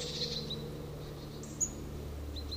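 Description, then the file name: Eurasian blue tit calls: thin, high notes, a slurred note early, a sharp whistle midway and two short high notes near the end, over a steady low hum. "Cyanistes caeruleus"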